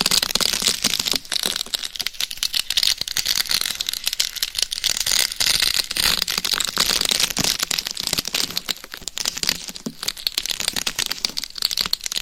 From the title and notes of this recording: ASMR Binaural Mic Scratching - Brain Scratching with 10 Mics for 100% SLEEP No Talking.